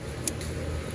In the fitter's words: it's locked in on both sides.